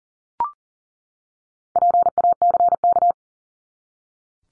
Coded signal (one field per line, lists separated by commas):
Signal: Morse code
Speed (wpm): 40 wpm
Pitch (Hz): 700 Hz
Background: none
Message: PACK